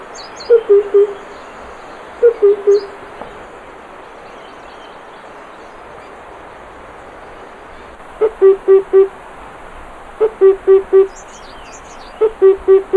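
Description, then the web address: Himalayan cuckoo call, a low hollow hooting of an upbeat then three or four even notes, repeated in several series over steady background hum. "Himalayan cuckoo. کوکوی-هیمالیایی"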